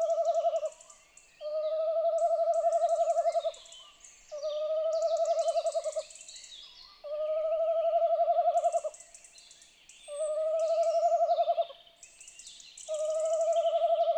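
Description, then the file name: Tawny owl giving a series of long tremulous, pulsing hoots, with faint high twittering and hiss in the background. "chouette hulotte"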